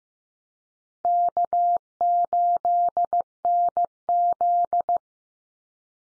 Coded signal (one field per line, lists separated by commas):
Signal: Morse code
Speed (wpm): 15 wpm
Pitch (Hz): 700 Hz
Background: none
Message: K8NZ